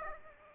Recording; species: mosquito wingbeat signal from an infrared sensor; Aedes aegypti